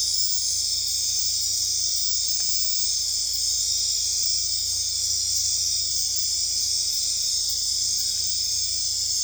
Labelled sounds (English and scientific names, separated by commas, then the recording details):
none
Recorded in dense forest near Puerto Asís, Putumayo, Colombia, on 21 December 2024 at 20:30
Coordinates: 0.485, -76.318
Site GP03